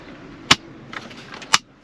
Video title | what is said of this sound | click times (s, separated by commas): SC430Mods.com - Walkthrough Installation of the Auto Top Kit for the Lexus SC430 | that, see, just heard it pop. So this one's not popped in all the way. | 0.5 s, 1.5 s